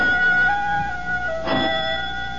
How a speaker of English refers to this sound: Only the doorbell.